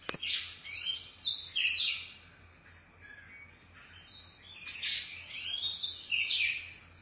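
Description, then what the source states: Oriental magpie-robin song of warbled, scratchy whistled phrases, a quieter stretch in the middle, then a loud sharp note and renewed warbling. Chirping song (kicauan) of the bird.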